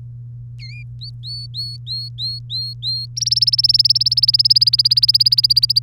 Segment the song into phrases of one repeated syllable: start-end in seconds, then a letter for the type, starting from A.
0.59-0.83 A, 1.01-3.06 B, 3.16-5.79 C